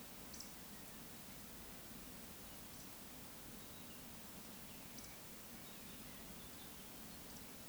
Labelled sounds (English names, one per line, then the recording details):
Eurasian Woodcock whistle
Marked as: whistle, whistle, whistle, whistle
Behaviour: display flight
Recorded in Baden-Württemberg, Germany, on 15 May 2020 at 19:10 UTC
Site 46190, 1214 m above sea level